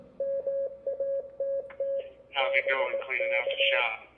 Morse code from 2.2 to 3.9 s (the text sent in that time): BK